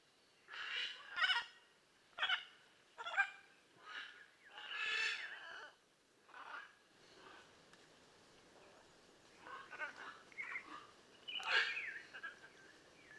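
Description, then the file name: Blue-and-yellow macaw giving a series of harsh, raspy squawks, several close together early on, then a quieter pause and more scattered rough calls later. "Blue and yellow Macaw Ara ararauna"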